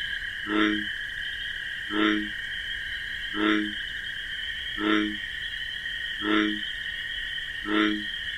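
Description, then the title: Bullfrog croaks, deep resonant pulses repeated about every 1.4 seconds, over a steady high droning chorus of crickets. Wetland at night among marsh grasses; bullfrog's deep 'jug-o-rum' call amid a continuous chorus of chirping crickets. "Bullfrog Sound. The Wondrous Wetlands"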